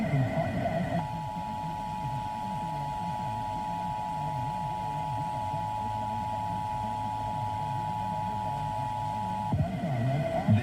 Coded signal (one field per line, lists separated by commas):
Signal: Emergency Alert System (SAME) tones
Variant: 853 and 960 Hz attention tone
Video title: EAS #293-294: Required Monthly Test